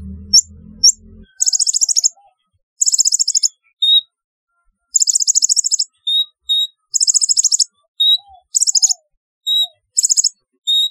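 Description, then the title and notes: Sunbird: short, high, thin trilled phrases, repeated with short bright single notes between them; a low rumble at the opening. "Kicau Burung Kolibri"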